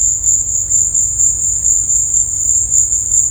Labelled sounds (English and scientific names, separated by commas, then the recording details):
none
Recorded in dense forest near Puerto Asís, Putumayo, Colombia, on 26 December 2024 at 16:00
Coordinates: 0.481, -76.323
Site G100